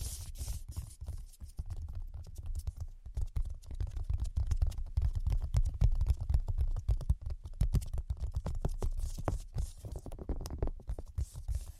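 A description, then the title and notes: Rapid, dense 3D tapping continues throughout, crisp clicks layered over a steady low thump, with a brief sparser stretch near three seconds. Brain Penetrating 3D Tapping. (No Talking).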